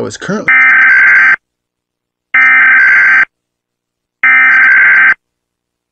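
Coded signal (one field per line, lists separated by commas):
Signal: Emergency Alert System (SAME) tones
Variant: header bursts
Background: speech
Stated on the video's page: Fake EAS alert tones in an April Fools volcano eruption prank.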